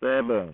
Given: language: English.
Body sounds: throat vibration sensor signal played as sound; speech

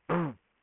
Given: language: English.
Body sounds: throat vibration sensor signal played as sound; throat clearing

